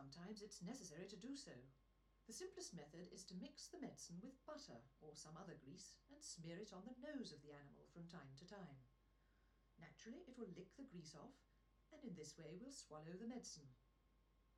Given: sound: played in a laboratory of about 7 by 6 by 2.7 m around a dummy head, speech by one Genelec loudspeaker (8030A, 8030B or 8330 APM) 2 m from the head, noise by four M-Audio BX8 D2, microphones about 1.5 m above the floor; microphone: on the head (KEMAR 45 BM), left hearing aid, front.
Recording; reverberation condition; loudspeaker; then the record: female speech in English; low; behind (180 degrees)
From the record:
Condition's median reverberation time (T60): about 310 ms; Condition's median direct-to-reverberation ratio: about 3.5 dB